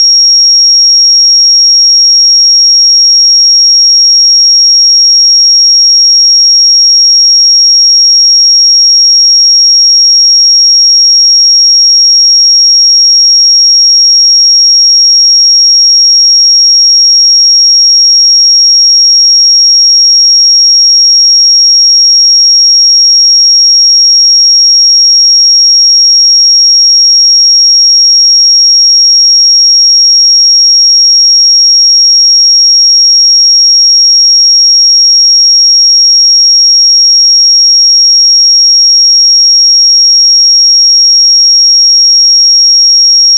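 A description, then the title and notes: A pure 5587 Hz sine tone holds perfectly steady at one high, thin pitch for the whole stretch, with no other sounds. 5587 Hz 1 Hz Interval Sine Pure Tone Frequency 441000 Sample Mono.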